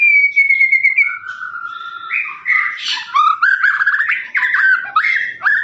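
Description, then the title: Lovebird song opening with drawn-out thin whistled notes, then breaking into fast squeaky chattering and rasping twitters. Long "ngekek" song, used for training birds. "FULL DURASI MASTERAN LOVEBIRD NGEKEK PANJANG"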